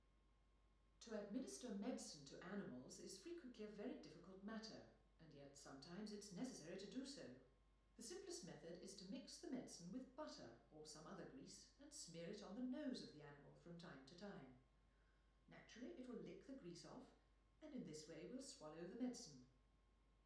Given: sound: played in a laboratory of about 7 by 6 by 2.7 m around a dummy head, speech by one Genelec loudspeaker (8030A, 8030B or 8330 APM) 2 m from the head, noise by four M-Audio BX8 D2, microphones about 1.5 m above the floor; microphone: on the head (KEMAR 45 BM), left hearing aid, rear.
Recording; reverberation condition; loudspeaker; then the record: female speech in English; medium; 150 degrees to the right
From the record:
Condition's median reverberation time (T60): about 510 ms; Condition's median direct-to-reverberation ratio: about -0.5 dB